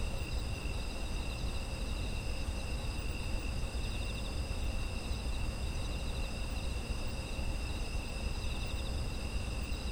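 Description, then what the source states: Insect chorus of steady high-pitched trills and pulsing chirrs without pause, accompanied by a constant deep rumble. Autumn insect ambience.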